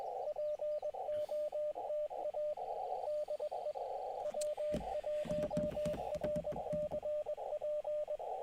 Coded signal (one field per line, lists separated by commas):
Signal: Morse code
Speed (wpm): 20 wpm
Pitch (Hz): 600 Hz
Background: radio noise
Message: POTA DE W1RCP